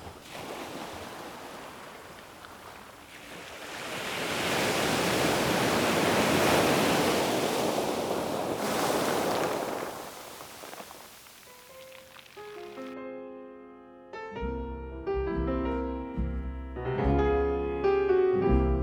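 Sea waves surge and break in a loud, hissing wash that swells and slowly recedes, then fades out as soft melodic music takes over for the last few seconds.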